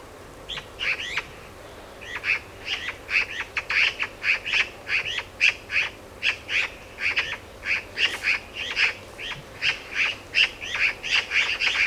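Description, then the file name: Eurasian magpie chattering: harsh, rasping notes repeated in a rapid series over a faint background hiss. "Pica pica"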